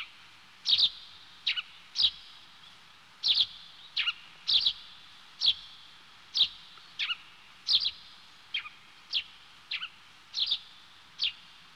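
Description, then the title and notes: Small bird giving high, clipped chirps, singles and doublets, repeated steadily against a low hiss. "NHK効果音集 - 2-波・川・小鳥"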